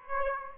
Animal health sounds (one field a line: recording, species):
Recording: mosquito wingbeat signal from an infrared sensor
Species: Aedes aegypti